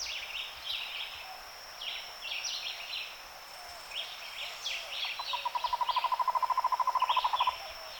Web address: sound Cuban-trogon